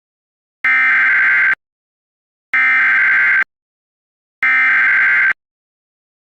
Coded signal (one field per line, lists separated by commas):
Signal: Emergency Alert System (SAME) tones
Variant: header bursts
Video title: EAS Scenario 12: EAS Malfunction (10 Subscriber Special)